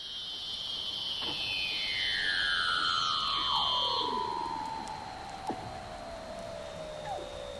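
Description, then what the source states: Weddell seal underwater calls, long eerie whistled glides sweeping down in pitch, overlapping one another. Recorded underwater with hydrophones at Big Razorback Island, McMurdo Sound, Antarctica; Weddell seals alone without leopard seals or orcas; calls likened to electronic music.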